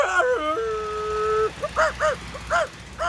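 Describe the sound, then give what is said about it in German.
The voice of Pumuckl, from Meister Eder und sein Pumuckl, imitates a dog, first with a long, wavering whimper or howl, then a run of about four short, yelping barks in quick succession, all fairly loud. “Ist denn der Hund, der da so bellt? Ich höre es auch schon die ganze Zeit.”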